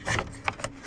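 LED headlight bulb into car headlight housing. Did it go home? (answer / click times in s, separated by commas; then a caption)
no / none. An Osram LED headlight bulb is handled at the plastic headlight housing of a Hyundai Aura from the engine bay, giving short rubbing and scraping sounds with small knocks, the sharpest near 0.5 s. The bulb has not seated or clicked into the housing yet.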